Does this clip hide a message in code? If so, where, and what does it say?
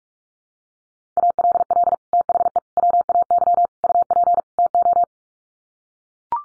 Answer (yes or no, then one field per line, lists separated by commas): yes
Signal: Morse code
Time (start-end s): 1.2-5.0 s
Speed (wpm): 44 wpm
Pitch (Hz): 700 Hz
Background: none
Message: ALL THE WAY UP TO